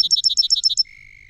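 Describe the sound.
Song sparrow song ending: a fast series of crisp repeated chips, followed by a level, lower buzzy trill.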